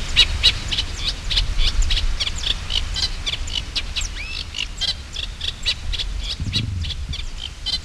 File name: Acrocephalus scirpaceus